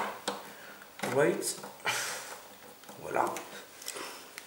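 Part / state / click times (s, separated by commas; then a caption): locking speaker cable connector into a speaker or amplifier socket / seated / 4.4 s. A twist-lock speaker cable connector is pushed into a speaker or amplifier socket and turned until its metal safety latch engages, the latch that stops it being pulled out. Someone talks over faint handling noise, and a small, sharp click at 4.4 s marks the connector locking in place.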